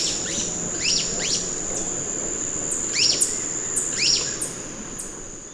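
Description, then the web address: Golden-crowned flycatcher: sharp, high, downslurred squeaky notes repeated in loose clusters, flycatcher-like calls over a continuous high insect-like whine. Recorded in Ecuador. "Natures Songs S America Birds of Ecuador Golden-Crowned Flycatcher"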